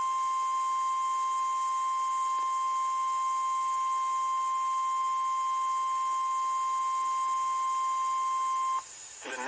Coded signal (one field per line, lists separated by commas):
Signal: Emergency Alert System (SAME) tones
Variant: 1050 Hz attention tone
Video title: EAS #1,521-1,522 (DOUBLE-HEADER) Online NWR (Remnants of Beryl) TOR's #4-5 (Both from BGM) 7/10/24